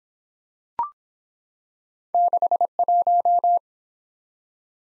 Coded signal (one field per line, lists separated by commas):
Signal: Morse code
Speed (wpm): 25 wpm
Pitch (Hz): 700 Hz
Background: none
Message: 61